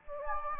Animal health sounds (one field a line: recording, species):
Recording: mosquito wingbeat signal from an infrared sensor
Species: Anopheles gambiae